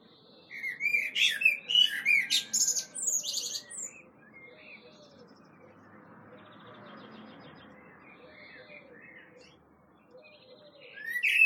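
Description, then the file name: Common blackbird calls: about three seconds of rapid high chattering notes, a long near-silent gap, then another squeaky burst at the end. "Turdus merula"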